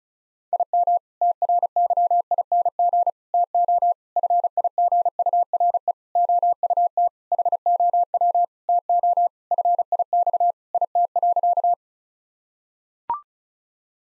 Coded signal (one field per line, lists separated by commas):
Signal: Morse code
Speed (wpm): 36 wpm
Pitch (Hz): 700 Hz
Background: none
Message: IM TRYING TO FIGURE OUT HOW TO FIX IT.